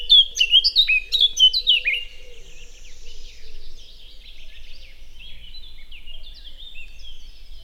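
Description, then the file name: Eurasian blackcap singing, opening with several rich whistled notes swooping down and up, followed by a long, quieter run of rapid chattering and warbled twitters. "Sylvia atricapilla"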